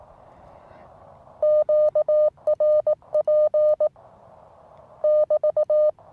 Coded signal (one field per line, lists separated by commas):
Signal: Morse code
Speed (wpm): 18 wpm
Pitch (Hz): 610 Hz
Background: none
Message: QRP <BT>